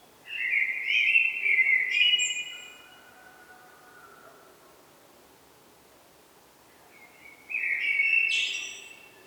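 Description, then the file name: Common blackbird song: a low fluted warble ending in a squeaky high twitter, then a second similar phrase after a pause. "Turdus merula"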